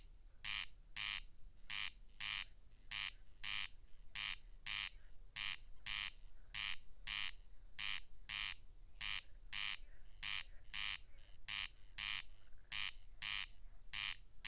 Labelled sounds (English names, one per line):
Corn Crake song